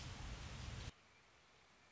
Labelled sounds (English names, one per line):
Red-winged Blackbird